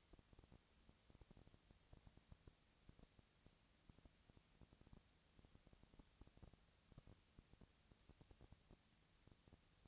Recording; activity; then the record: daily activity, microphone in the room; no activity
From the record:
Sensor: 3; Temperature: 20.4 degrees Celsius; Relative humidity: 34.4%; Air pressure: 997.1 hPa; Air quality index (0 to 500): 205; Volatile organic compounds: 68 ppm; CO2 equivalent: 3500 ppm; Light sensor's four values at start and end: 2/3/2/2 and 2/3/2/2